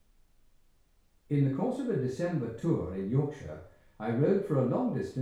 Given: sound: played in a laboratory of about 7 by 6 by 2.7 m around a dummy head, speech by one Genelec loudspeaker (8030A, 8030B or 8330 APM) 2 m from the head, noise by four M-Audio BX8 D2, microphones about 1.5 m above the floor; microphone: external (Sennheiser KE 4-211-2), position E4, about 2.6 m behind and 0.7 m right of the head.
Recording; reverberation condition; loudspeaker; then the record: male speech in English; medium; 150 degrees to the right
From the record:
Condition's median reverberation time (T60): about 510 ms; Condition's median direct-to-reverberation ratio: about -0.5 dB